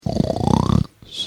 Sleeping Man Moaning Snoring And Snorting.